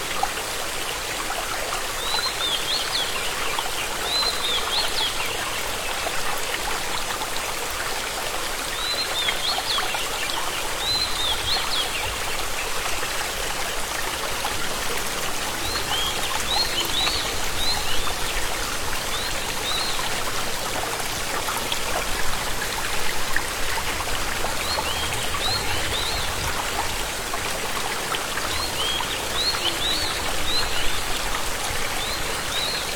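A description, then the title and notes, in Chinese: Birds sing in a deep ravine, bright chirping phrases returning every few seconds over a steady rush of flowing stream water. 鸟鸣深涧中。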